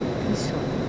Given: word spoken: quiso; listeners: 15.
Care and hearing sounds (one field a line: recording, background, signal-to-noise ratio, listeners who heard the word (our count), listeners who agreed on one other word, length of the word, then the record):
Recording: one Spanish word in noise, from a listening test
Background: speech-shaped noise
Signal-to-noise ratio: -5.6 dB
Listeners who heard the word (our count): 0 of 15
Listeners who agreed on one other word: 13 of 15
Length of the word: 0.49 s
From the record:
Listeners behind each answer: 13, 1, 1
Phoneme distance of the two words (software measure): 10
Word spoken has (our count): 2 syllables, 4 phonemes, stress on syllable 1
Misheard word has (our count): 2 syllables, 4 phonemes, stress on syllable 1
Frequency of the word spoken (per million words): 65.99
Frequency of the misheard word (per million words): 62.99